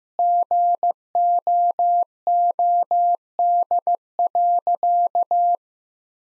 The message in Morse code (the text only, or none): GOOD.